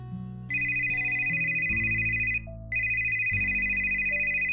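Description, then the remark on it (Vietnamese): A phone ringtone plays a steady, bright electronic melody in two bursts separated by a short pause, loud and sustained over a low tonal backing, with no talking. “Chuông điện thoại reo, hình nền người gọi đến là một cô gái trẻ, vẻ đẹp hút hồn,”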